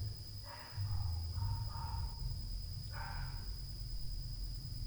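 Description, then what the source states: Dog barking: a quick run of four short, hoarse barks, a pause, then one more bark, over a low rumble and a steady high whine. Recorded at night.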